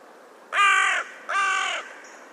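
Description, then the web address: Bird giving two harsh, crow-like caws, each about half a second long, with a short pause between them. "Deverinetal 2025 File origin Bird Only"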